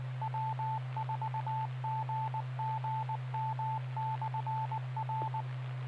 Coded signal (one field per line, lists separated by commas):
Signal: Morse code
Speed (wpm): 19 wpm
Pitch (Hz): 880 Hz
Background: none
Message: W4GGM/R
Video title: 6-1-2021 Maury Amateur Radio Club "Newbie Net"